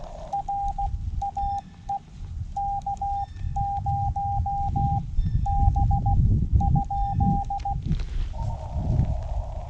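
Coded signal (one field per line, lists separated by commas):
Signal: Morse code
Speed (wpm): 16 wpm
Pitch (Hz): 800 Hz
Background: none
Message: RAE K0B ?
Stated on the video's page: CW from a Xiegu G90 at 20 watts into a random wire antenna via an unun.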